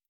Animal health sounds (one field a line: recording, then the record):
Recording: hydrophone in a shrimp aquaculture tank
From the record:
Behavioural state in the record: stressed